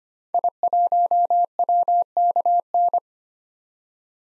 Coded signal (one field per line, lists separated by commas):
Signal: Morse code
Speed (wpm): 25 wpm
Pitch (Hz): 700 Hz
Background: none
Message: I1WKN